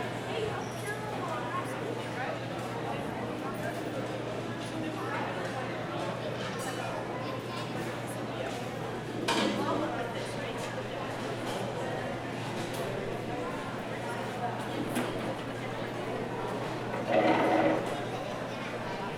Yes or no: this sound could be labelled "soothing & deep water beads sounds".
no